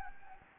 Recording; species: mosquito wingbeat signal from an infrared sensor; Anopheles gambiae